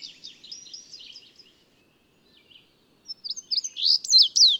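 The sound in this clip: Bird song: faint high twittering, a brief near-silence, then a short run of loud, sharp chirps at the end.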